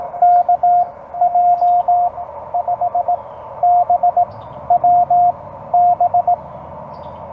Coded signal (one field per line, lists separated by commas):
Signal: Morse code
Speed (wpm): 18 wpm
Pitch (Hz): 690 Hz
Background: radio noise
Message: KJ5BWB